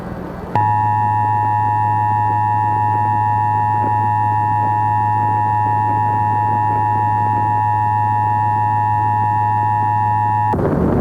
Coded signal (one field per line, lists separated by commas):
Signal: Emergency Alert System (SAME) tones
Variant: 853 and 960 Hz attention tone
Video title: EAS Scenario: Just Missed